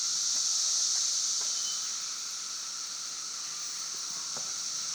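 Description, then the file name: Cicada chorus, a continuous shrill buzzing hiss, loudest in the first second and then holding steady, with faint soft ticks in the background. Several cicadas recorded at Broken Rock Falls on 11 June 2016 at 5:12 pm. "Cicadas at Broken Rock Falls 2016-06-11 512 pm"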